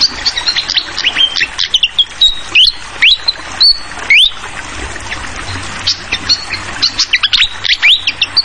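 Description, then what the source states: Flycatcher mixes rising whistled notes with bursts of quick high chirps, while flowing water hisses steadily underneath. Called sikatan kipas, also sikatan londo; clear song mixed with the sound of trickling water, used as a masteran tutoring track for songbirds.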